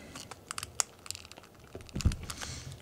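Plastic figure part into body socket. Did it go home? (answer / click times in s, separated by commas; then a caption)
no / none. A plastic part of a Marvel Legends Avengers Endgame Armored Thanos Build-a-Figure is pushed repeatedly into its body socket. Short, sharp plastic ticks and crinkly scraping are heard, with the loudest snap-like tick at about 0.8 s and another firm knock near 2.0 s. The part has not clicked into the socket yet.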